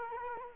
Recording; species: mosquito wingbeat signal from an infrared sensor; Culex quinquefasciatus